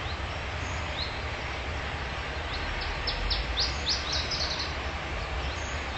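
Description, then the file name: Iberian chiffchaff singing one short phrase of quick, high downward-sliding notes midway through, with a steady low rumble throughout. "iberischer zilpzalp"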